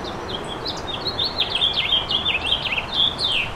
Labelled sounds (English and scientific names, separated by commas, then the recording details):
House Finch (Haemorhous mexicanus) song
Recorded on Long Island, New York, on 10 June 2012
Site GW
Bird C